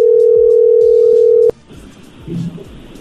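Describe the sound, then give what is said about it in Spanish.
A steady, loud telephone tone of an outgoing call hums at one low-mid pitch for about a second and a half, then cuts off abruptly, leaving faint background noise and a soft murmur. “A ver, ya entró ahí la llamada.”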